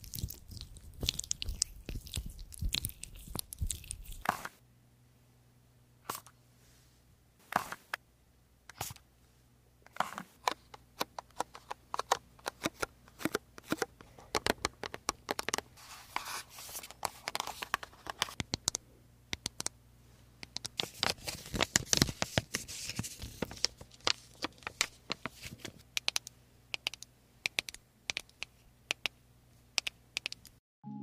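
Creamy products being rubbed and massaged make a run of soft, wet, squelchy clicks and smacks, dense and irregular, sometimes in quick bursts. A steady low hum sits underneath from about five seconds on, and the sound cuts off just before the end.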